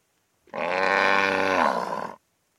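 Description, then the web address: Cow mooing: one long, rich, droning moo lasting under two seconds, with silence before and after. "the sound pack tree. cow moos"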